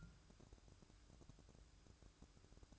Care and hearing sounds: daily activity, microphone in the room; take from stove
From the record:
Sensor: 2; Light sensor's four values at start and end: 7/16/6/6 and 7/16/6/6

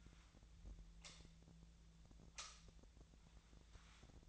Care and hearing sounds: daily activity, microphone in the room; light on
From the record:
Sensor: 3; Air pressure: 1009.8 hPa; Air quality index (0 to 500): 190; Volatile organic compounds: 15 ppm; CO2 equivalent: 2478 ppm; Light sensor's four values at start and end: 39/98/42/45 and 46/120/51/52

